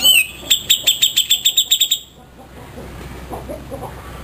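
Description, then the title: Grey-cheeked Bulbul song, a quick slurred note followed by about ten rapid ringing chirps, then faint background noise. "Cucak Jenggot"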